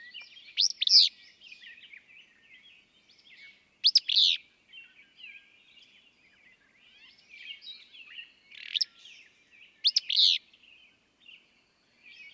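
Willow flycatcher singing an explosive, burry phrase four times at irregular intervals of a few seconds, accompanied by scattered high chirps of other birds.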